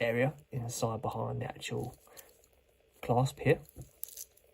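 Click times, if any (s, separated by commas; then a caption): 4.0 s. Someone talks while closing the fold-over deployment clasp of a metal watch bracelet by hand. At 4.0 s the clasp's hinge snaps down with a sharp click, and the clasp is seated shut.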